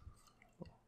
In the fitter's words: very soft click on this one